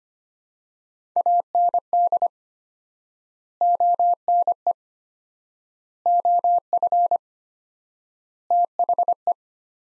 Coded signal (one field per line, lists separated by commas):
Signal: Morse code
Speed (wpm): 25 wpm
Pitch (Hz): 700 Hz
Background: none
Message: AND ONE OF THE